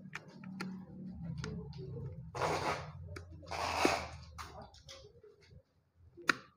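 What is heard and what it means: The hooks of a helmet fitting part for a Scott RAM 4 / R5 helmet are pushed into the side of the plastic shell, with small handling clicks and two longer rustling bursts around 2.5 s and 3.8 s. Sharp clicks ring out at 0.6 s and 6.3 s, the last one the loudest. The part clicks in and is seated.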